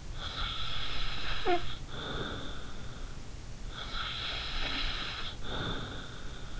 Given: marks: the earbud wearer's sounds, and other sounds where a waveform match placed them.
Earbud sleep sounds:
sounds in sleep by an in-ear microphone; snoring breath
0.13-2.99 s: snoring breath
3.71-6.60 s: snoring breath

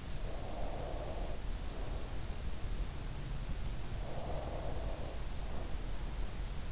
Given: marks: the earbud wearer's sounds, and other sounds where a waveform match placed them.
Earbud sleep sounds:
sounds in sleep by an in-ear microphone; breath
0.11-2.41 s: breath
3.94-6.02 s: breath

